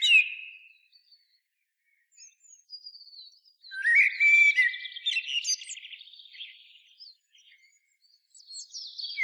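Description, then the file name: Common blackbird ending one fluted note, then after a pause a full rich warbling phrase dissolving into high twittering, another phrase starting at the end. "Turdus merula"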